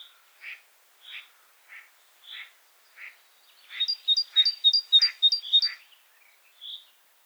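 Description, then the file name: Great tit: harsh, scratchy notes repeated at short intervals, then a fast run of bright two-note phrases and a final single high note. "Parus major"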